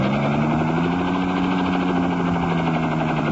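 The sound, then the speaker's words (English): A helicopter over a barren, rocky valley called the Valley of the Dead roars steadily and loudly. Its low droning rotor hum sinks slightly in pitch as it swoops downward, with no voices over it. “Suddenly, the helicopter zooms downward swiftly.”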